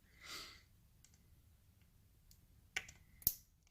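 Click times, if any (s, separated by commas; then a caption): 3.3 s. The second metal strap adapter is pushed onto a Casio G-Shock GD350 watch case. After a soft, breathy rustle near the start and a few faint ticks, a sharp click at 2.8 s comes first. A louder snap at 3.3 s marks the adapter's spring bar clicking into the lug hole, and a tug confirms it is engaged.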